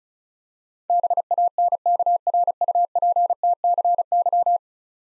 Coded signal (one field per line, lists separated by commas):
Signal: Morse code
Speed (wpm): 36 wpm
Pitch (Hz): 700 Hz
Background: none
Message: BANKRUPTCY